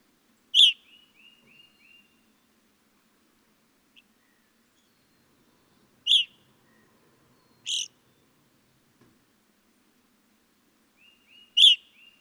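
Evening grosbeak uttering four loud, bright call notes at irregular intervals, the first followed and the last preceded by a short row of soft chirps; silence between.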